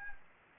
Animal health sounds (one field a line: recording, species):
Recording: mosquito wingbeat signal from an infrared sensor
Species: Anopheles gambiae